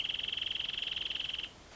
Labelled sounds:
Wrentit (Chamaea fasciata)
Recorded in Sonoma County, California

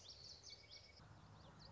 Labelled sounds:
Common Yellowthroat (Geothlypis trichas)
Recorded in Sonoma County, California

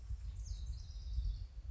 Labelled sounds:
House Wren (Troglodytes aedon)
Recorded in Sonoma County, California

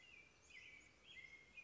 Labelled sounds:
American Robin (Turdus migratorius)
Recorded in Sonoma County, California

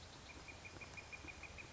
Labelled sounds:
Northern Flicker (Colaptes auratus)
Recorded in Sonoma County, California

